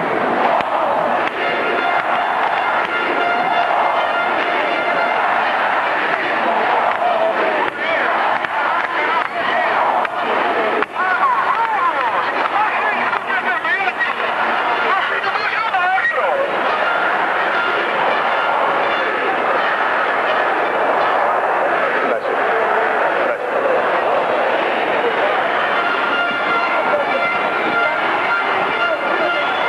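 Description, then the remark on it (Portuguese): A huge crowd in the Aliados square in the city of Porto roars and shouts continuously, a dense, steady wall of voices with chanting swells and occasional sharp bangs like firecrackers, loud throughout. “Vamos parar para um barulho que estamos na Aliados, de certeza. Está aqui muita, muita gente.”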